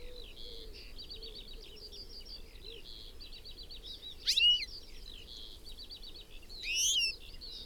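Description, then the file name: European goldfinch calls: busy high twittering chirps throughout, broken by two brighter upward-sweeping calls in the second half. "Carduelis carduelis"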